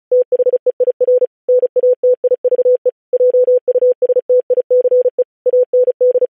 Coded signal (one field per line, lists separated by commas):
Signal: Morse code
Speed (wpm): 36 wpm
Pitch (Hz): 500 Hz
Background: none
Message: THEIR NATIVE JUSTICE AND